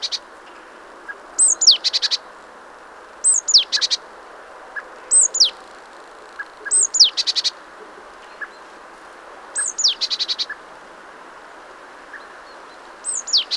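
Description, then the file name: Great tit calling: sharp, high descending whistles followed by a rapid, rattling chatter, repeated several times with pauses, over low background noise. "Parus major"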